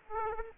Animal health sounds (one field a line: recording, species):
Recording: mosquito wingbeat signal from an infrared sensor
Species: Aedes aegypti